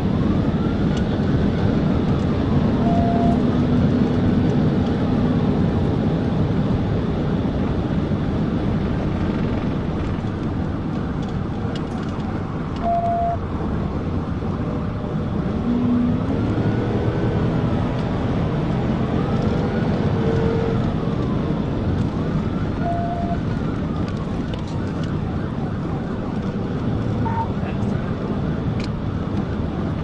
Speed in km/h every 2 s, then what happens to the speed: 184, 188, 190, 177, 163, 142, 142, 148, 156, 166, 167, 148, 147, 153, 153.
0-5 steady at about 188. 5-10 brakes to 142. 13-19 speeds up to 167. 19-22 brakes to 148. 22-30 steady at about 148.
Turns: none.